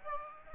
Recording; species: mosquito wingbeat signal from an infrared sensor; Aedes aegypti